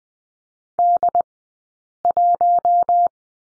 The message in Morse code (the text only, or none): D1